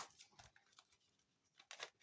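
A handmade paper Christmas mini album is closed with its small clip fasteners, giving a few soft taps and rustles early on. The clasp clips shut with a sharp click at 1.7 s, followed by another brief tap.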